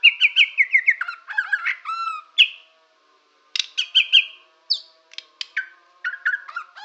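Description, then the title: White-rumped shama song: rich, varied whistled phrases with descending slurred notes and sharp chips, delivered in two bursts separated by a short pause. Bornean type ('murai borneo'). "MURAI BORNEO MAS KIKI"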